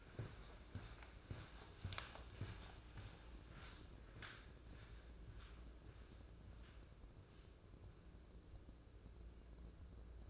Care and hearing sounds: daily activity, microphone in the room; walk to room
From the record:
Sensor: 2

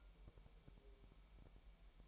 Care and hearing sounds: daily activity, microphone in the room; take from stove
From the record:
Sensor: 1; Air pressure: 1002.0 hPa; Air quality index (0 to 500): 245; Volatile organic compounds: 49 ppm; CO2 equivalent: 3278 ppm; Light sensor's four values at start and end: 5/12/5/6 and 5/12/5/6

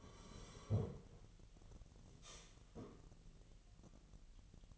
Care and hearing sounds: daily activity, microphone in the room; sit down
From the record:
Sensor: 4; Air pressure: 1002.7 hPa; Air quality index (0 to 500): 248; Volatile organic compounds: 33 ppm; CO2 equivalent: 3016 ppm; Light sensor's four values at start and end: 10/24/10/10 and 10/24/10/10

